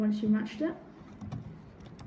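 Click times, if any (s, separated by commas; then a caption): none. Someone talks while fitting a camera lens onto the bayonet mount of a Canon 750D (Rebel T6i) DSLR body, followed by faint handling taps of the lens against the mount. The first attempt does not engage, and nothing has seated or clicked yet.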